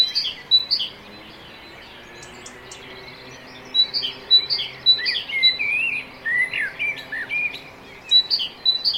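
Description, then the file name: Great tit calling: scattered high notes at first, then a busy run of paired high and lower chirps with swooping lower notes in the second half. "Parus major"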